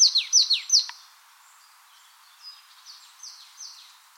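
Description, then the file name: Marsh tit gives several loud, rapid downward-sweeping notes, then quieter high slurred calls continue at intervals. "Poecile palustris"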